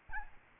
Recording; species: mosquito wingbeat signal from an infrared sensor; Aedes albopictus